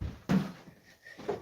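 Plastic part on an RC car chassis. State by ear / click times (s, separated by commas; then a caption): not seated / none. A plastic part on an RC car chassis, which has had an odd gap since it came from the factory, is pressed by hand, giving a dull thump near 0.3 s followed by two short, faint knocks around 1.1 s and 1.3 s. The part does not click into place, and nothing has seated or clicked yet.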